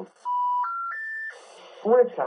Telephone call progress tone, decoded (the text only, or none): special information tone